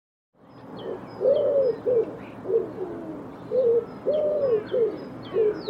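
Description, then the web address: Bird giving repeated arched, hooting coos in loose bursts, with thin high chirps from other birds in the background. "cianscape birddata Deverinetal 2025 Bird Co Pa Co Pa"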